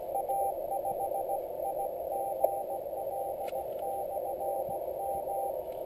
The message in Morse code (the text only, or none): A5IGL/M